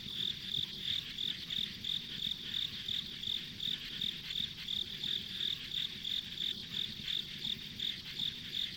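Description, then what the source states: Insects calling, a shrill chirp repeated in an even beat near three per second against a dense background whine. Ambient insect sounds on a rural country road.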